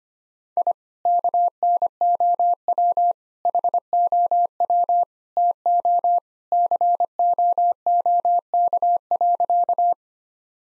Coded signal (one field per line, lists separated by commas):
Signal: Morse code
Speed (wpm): 25 wpm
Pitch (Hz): 700 Hz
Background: none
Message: I KNOW HOW TO COOK.